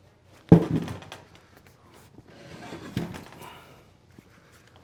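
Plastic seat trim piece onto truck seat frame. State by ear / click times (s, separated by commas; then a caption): seated / 0.5 s. During a cloth seat cover install on a 2006-2009 Dodge Ram SLT, a plastic seat trim piece is pressed back onto the truck seat frame. It clicks on with a sharp, loud snap at 0.5 s, followed by a few softer knocks around 0.9-1.1 s. A rustling stretch and another light knock come near 3.0 s, and the piece is seated.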